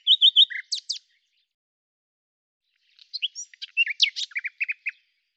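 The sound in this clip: Common nightingale song: a few quick repeated whistled notes and a sharp high note, a pause, then a varied jumble of chirps and short whistles.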